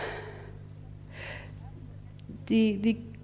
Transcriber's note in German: tiefes Atmen